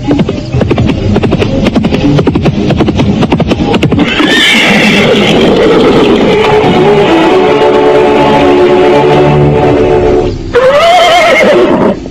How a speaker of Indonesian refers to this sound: Ketika Rakai Bangun sibuk mengumpulkan uang kepengnya dalam kantong, pada saat itulah terdengar derap seekor kuda mendekat.